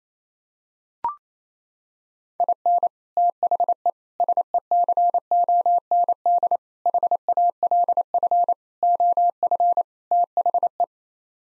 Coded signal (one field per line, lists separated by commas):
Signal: Morse code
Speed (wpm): 28 wpm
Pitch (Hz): 700 Hz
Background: none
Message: IN THE SECOND HALF OF THE